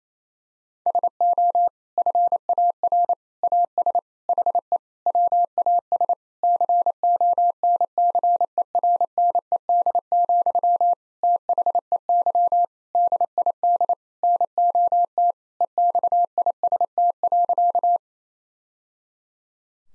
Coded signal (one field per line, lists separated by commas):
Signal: Morse code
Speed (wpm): 27 wpm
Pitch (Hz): 700 Hz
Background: none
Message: SO FAR AS HE WAS CONCERNED, THEY DID NOT EXIST.